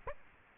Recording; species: mosquito wingbeat signal from an infrared sensor; Aedes aegypti